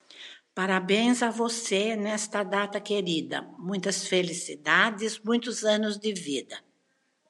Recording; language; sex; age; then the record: short text; Brazilian Portuguese; female; 70 to 79 years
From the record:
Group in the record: control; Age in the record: 78 years